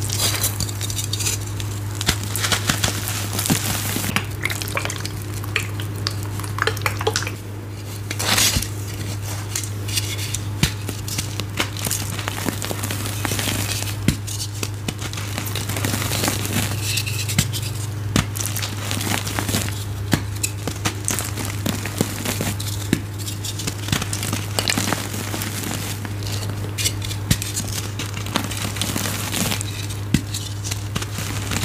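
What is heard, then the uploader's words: Gym chalk mixed with baby oil is crushed and squeezed, giving a dense run of soft crackles, crinkles and sharp ticks that keeps up for the whole half minute. A steady low hum sits underneath throughout, with a brief quieter dip near eight seconds. Baby Oil Gym Chalk Crushing Compilation.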